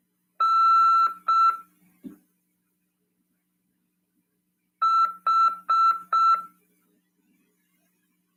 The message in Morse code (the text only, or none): N H